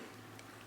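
The crown of a second quartz watch is pulled out of the watch case to the time-setting position. A single small tick is heard at 0.4 s over a steady low hum, and the crown is released into the setting position.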